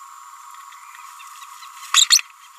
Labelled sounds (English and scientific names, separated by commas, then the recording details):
Green-rumped Parrotlet (Forpus passerinus) babbling
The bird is a female
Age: 29 days
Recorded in a nest box in Venezuela
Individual 17B31A3